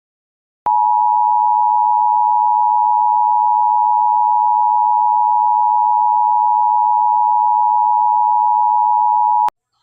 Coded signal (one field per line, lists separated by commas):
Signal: Emergency Alert System (SAME) tones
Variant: 853 and 960 Hz attention tone